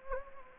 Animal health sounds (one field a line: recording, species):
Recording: mosquito wingbeat signal from an infrared sensor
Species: Anopheles gambiae